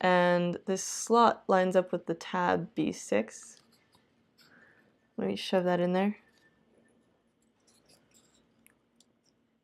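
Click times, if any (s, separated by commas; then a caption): none. Someone talks while a plastic servo assembly with screws in its sides is handled, its slot lined up with a tab on a toy robot body and pushed toward it. A few faint, brief ticks follow near the end, but the part has not snapped in or seated yet.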